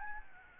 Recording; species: mosquito wingbeat signal from an infrared sensor; Aedes albopictus